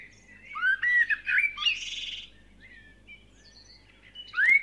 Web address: KMP Film Video Sound Effects - Vogels - Ochtendkoor